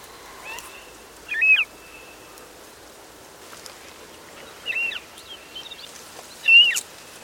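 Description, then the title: Western marsh harrier giving three thin, arching whistled calls over a steady hiss of background noise. "Falcodipalude"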